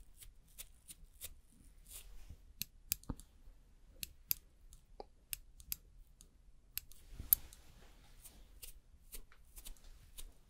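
Makeup and hair styling sounds: a steady run of sharp, bright clicks and snips, scattered irregularly across the whole stretch, with a cluster of louder taps around the seventh second. A soft low rumble and faint rustling sit underneath throughout.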